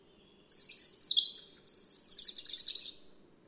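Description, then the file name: European robin delivering a dense, jumbled song phrase of rapid high twittering and sparkling trills in two connected bursts, about two and a half seconds long. "Erithacus rubecula"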